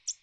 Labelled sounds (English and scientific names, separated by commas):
American Redstart (Setophaga ruticilla) flight call